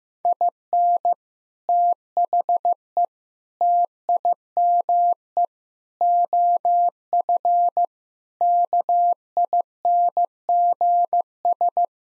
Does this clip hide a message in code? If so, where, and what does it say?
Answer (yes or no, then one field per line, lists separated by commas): yes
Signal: Morse code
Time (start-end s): 0.3-11.8 s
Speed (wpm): 15 wpm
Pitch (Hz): 700 Hz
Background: none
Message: IN THE TIME OF KINGS